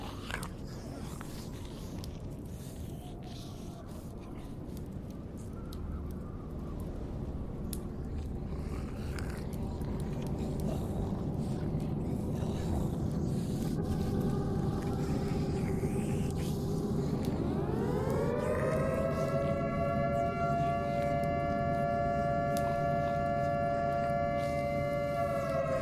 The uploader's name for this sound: Zombie apocalypse ASMR Ambience